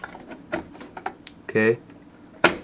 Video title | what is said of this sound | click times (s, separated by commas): Basic PC Assembly/Build TUTORIAL (Part2) | see there's a click now | 2.5 s